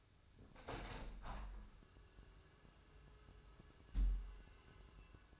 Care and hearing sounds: daily activity, microphone in the room; open window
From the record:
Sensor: 2

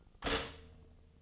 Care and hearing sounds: daily activity, microphone in the room; stop toaster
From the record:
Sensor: 4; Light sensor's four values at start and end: 23/68/26/26 and 23/68/26/26

